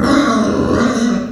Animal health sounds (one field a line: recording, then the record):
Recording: squeal of a Yucatan mini pig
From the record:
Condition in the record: after surgery on the right vocal fold (resection and tissue-engineered implant)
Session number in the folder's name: 7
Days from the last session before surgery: 47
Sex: female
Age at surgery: 19 weeks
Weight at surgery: 25 kg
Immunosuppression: prednisolone